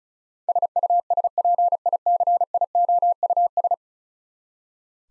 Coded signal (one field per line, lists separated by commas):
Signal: Morse code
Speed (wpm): 36 wpm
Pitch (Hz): 700 Hz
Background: none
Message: SUSPICIOUS